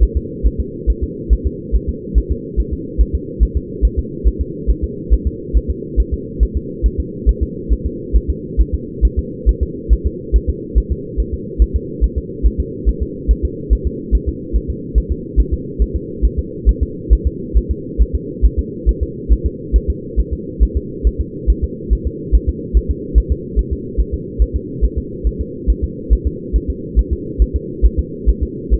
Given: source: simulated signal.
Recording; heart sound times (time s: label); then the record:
fetal heart sounds
0.03 s: S1
0.17 s: S2
0.47 s: S1
0.60 s: S2
0.90 s: S1
1.04 s: S2
1.33 s: S1
1.47 s: S2
1.76 s: S1
1.89 s: S2
2.18 s: S1
2.32 s: S2
2.60 s: S1
2.74 s: S2
3.01 s: S1
3.15 s: S2
3.43 s: S1
3.57 s: S2
3.85 s: S1
3.99 s: S2
4.28 s: S1
4.41 s: S2
4.70 s: S1
4.84 s: S2
5.13 s: S1
5.27 s: S2
5.57 s: S1
5.71 s: S2
6.00 s: S1
6.14 s: S2
6.43 s: S1
6.57 s: S2
6.86 s: S1
7.00 s: S2
7.29 s: S1
7.43 s: S2
7.73 s: S1
7.86 s: S2
8.16 s: S1
8.30 s: S2
8.61 s: S1
8.74 s: S2
9.05 s: S1
9.19 s: S2
9.49 s: S1
9.63 s: S2
9.93 s: S1
10.07 s: S2
10.36 s: S1
10.50 s: S2
10.78 s: S1
10.92 s: S2
11.20 s: S1
11.34 s: S2
11.62 s: S1
11.76 s: S2
12.04 s: S1
12.18 s: S2
12.46 s: S1
12.60 s: S2
12.89 s: S1
13.03 s: S2
13.31 s: S1
13.45 s: S2
13.73 s: S1
13.87 s: S2
14.15 s: S1
14.29 s: S2
14.56 s: S1
14.70 s: S2
14.98 s: S1
15.12 s: S2
15.40 s: S1
15.54 s: S2
15.82 s: S1
15.96 s: S2
16.25 s: S1
16.39 s: S2
16.69 s: S1
16.83 s: S2
17.13 s: S1
17.27 s: S2
17.57 s: S1
17.71 s: S2
18.02 s: S1
18.15 s: S2
18.45 s: S1
18.59 s: S2
18.89 s: S1
19.03 s: S2
19.33 s: S1
19.46 s: S2
19.76 s: S1
19.90 s: S2
20.20 s: S1
20.33 s: S2
20.63 s: S1
20.77 s: S2
21.07 s: S1
21.21 s: S2
21.50 s: S1
21.64 s: S2
21.93 s: S1
22.07 s: S2
22.35 s: S1
22.49 s: S2
22.77 s: S1
22.91 s: S2
23.18 s: S1
23.32 s: S2
23.59 s: S1
23.73 s: S2
24.00 s: S1
24.14 s: S2
24.42 s: S1
24.56 s: S2
24.84 s: S1
24.98 s: S2
25.27 s: S1
25.41 s: S2
25.70 s: S1
25.84 s: S2
26.13 s: S1
26.27 s: S2
26.56 s: S1
26.70 s: S2
26.99 s: S1
27.13 s: S2
27.42 s: S1
27.56 s: S2
27.86 s: S1
27.99 s: S2
28.29 s: S1
28.43 s: S2
28.74 s: S1
From the record:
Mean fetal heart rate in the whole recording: 140 bpm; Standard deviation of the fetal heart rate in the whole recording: 2 bpm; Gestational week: 34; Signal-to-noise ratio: -4.1 dB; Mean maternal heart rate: no maternal heart sound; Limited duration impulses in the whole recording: absent